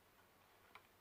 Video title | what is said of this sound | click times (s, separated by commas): Scotty Kilmer Guesses and does not fix it | If you listen close, fair enough, yeah. you can hear it. There it goes, click. | 0.8 s